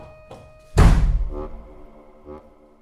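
A bedroom door slams shut with one loud, heavy bang, its booming low thud ringing briefly before fading, followed by a couple of faint knocks and rattles as it settles.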